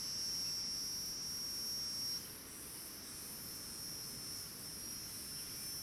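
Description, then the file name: Cicada sounding a steady, shrill high-pitched drone with slight pulsing, over a low background rumble. Distinctive, very shrill cicada with other cicadas in the background, in dry forest. "Cigarra diferente bem estridente outras cigarras no fundo na mata seca, passaros bem longe"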